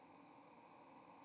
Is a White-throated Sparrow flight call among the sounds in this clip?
yes